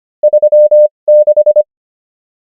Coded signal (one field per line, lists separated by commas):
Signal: Morse code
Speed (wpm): 25 wpm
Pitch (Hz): 600 Hz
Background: none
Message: 36